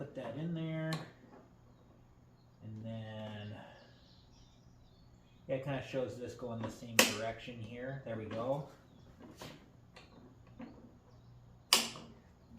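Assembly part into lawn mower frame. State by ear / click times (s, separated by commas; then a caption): seated / 11.7 s. During assembly of a Greenworks 60V 17-inch lawn mower, a part is pushed into its mount on the mower frame while someone talks. A sharp, loud click at 11.7 s marks the part locking into place, and the fit was easy.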